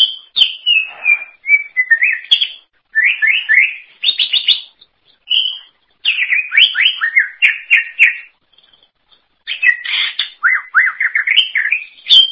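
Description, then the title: Greater green leafbird song: a rich, fast medley of whistled and chattering notes with sweeping slurs, delivered in bursts separated by short pauses. "Cucak ijo"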